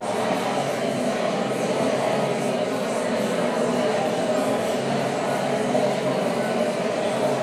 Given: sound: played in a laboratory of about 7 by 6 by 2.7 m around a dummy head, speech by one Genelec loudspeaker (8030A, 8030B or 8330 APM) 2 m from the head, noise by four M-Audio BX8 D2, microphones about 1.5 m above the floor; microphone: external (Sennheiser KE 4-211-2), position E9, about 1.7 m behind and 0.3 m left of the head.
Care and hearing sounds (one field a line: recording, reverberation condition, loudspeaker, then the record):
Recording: babble noise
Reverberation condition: high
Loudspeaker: four, about 170 cm from the corners of the room and facing them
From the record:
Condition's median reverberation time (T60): about 1300 ms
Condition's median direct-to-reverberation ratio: about -4.0 dB